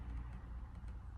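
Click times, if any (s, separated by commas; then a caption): none. Airbag wiring plugs, including the main plug, are being handled at their sockets on the airbag module of an Audi steering wheel, under a steady low rumbling hum with no sharp transients. Nothing has seated or clicked yet.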